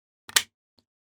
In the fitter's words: Was it successful? Clicks back in place. Nice, good, okay.